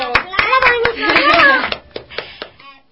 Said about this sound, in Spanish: ¡Aplausos!